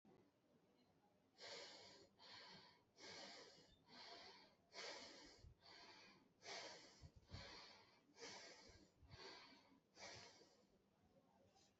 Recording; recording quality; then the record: deep breathing; excellent, no background noise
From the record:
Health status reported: healthy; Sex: male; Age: 22 years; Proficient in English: no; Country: India